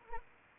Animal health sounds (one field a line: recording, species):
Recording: mosquito wingbeat signal from an infrared sensor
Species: Anopheles arabiensis